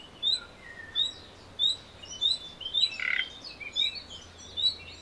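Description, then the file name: Common nightingale whistles, repeated short high notes with a harsher burst near the middle. "Luscinia megarhynchos"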